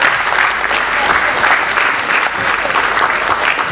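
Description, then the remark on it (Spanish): A crowd claps steadily for several seconds in applause for the experiences just presented, a dense, even wash of many hands with no pauses and no voices rising above it. “Pero vamos entonces, bueno, un aplauso a las experiencias.”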